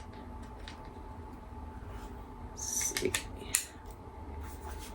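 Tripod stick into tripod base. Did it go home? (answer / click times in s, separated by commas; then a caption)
yes / 3.5 s. A magnetized stick (leg piece) is attached to the bottom of a new tripod, preceded by faint handling clicks and a brief rustle. A sharp snap is heard at 3.5 s as it seats right into place against a steady background hum.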